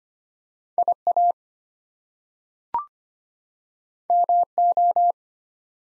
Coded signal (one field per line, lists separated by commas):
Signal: Morse code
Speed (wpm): 25 wpm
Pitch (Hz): 700 Hz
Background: none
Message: IA MO